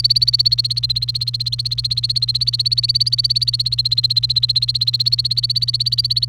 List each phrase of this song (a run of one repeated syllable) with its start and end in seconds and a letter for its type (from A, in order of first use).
0.00-6.28 A